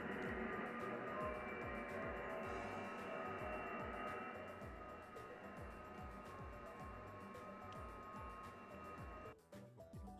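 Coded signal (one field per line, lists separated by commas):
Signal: FT8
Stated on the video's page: FT8 signal using an Alpha Antenna FMJ attached to an iron fence as the antenna.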